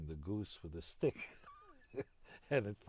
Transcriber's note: he laughs